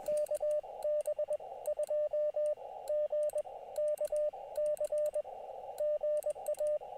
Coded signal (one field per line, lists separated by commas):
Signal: Morse code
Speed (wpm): 21 wpm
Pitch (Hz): 590 Hz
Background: radio noise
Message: KB2GKC GA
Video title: Can I get 89 contacts on QRP to get the KILO - Live POTA CW activation